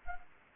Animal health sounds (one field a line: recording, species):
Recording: mosquito wingbeat signal from an infrared sensor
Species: Anopheles arabiensis